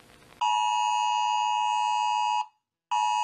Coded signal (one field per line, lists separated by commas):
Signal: Emergency Alert System (SAME) tones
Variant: 853 and 960 Hz attention tone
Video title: Rating Eas Alarms #1